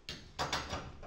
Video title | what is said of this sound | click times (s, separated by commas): Doukakis Nikos kerkyra greece | και κουμπώνει κατευθείαν κουμπώνουμε και με την πρώτη ένσταση που θα βρούμε | 0.1 s, 0.5 s